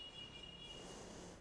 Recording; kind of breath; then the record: one breath in and out by a microphone near the nose and mouth; normal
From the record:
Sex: female